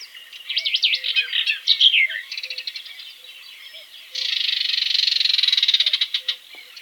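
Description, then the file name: Barred warbler: a burst of rapid scratchy warbled notes, then a long harsh churring rattle of about two seconds. Soft low notes sound in the background. "slavka jastrebinaja"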